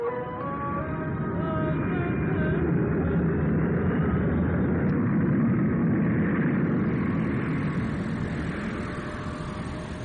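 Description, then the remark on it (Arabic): A steady, dense roar of airplane engines fills the cabin of a plane on a trip to Paris, France, loud and unbroken, with a few thin whining tones riding on top early on before blending into the constant drone. “دكتور يحيى، أراك تنظر من نافذة الطائرة سارحا.”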